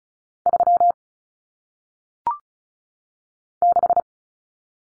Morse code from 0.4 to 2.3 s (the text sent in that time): 3